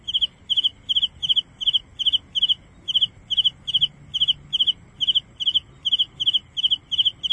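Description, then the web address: Cricket chirping, short pulsed chirps repeated steadily about two or three times a second, each chirp of a few rapid pulses, over faint low background hum. "calling cricket"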